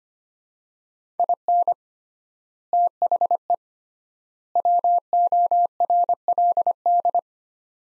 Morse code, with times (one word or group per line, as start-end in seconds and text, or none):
1.2-1.7 IN
2.7-3.5 THE
4.6-7.2 WORLD